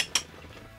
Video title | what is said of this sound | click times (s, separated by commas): Class B+ RV Tour 🚐 — In-Depth Look at Our New Zealand Wilderness Motorhome Rental | you'll hear them click and they'll stay out | 0.2 s